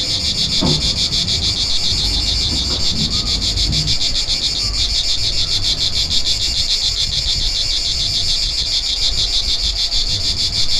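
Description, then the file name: Cicadas keep up a bright, buzzing, unbroken chorus with quick even pulsing, over a low rumble and a few brief soft knocks. Recorded 3 September 2009. "Enregistrement Cigales"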